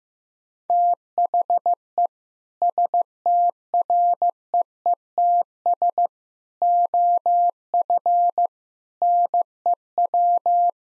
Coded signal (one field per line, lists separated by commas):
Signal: Morse code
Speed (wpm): 15 wpm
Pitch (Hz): 700 Hz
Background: none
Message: THE STREETS OF NEW